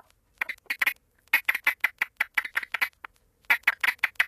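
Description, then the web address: Texas toad calls, a rapid run of short, harsh, quacking pulses in uneven bursts, several notes per second with brief pauses between groups. "Songs of Frogs Toads of North America. Texas Toad"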